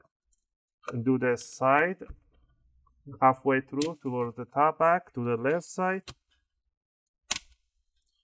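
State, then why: Released. A pry pick is twisted between the plastic top and bottom covers of a Lenovo IdeaPad 1 14ADA05 (82GW) laptop, while someone talks. A loud, sharp click at 7.3 seconds is the plastic snap clip of the bottom cover releasing from the top case, popping it loose.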